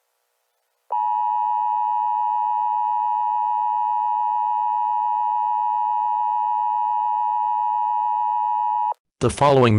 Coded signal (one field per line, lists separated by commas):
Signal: Emergency Alert System (SAME) tones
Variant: 853 and 960 Hz attention tone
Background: speech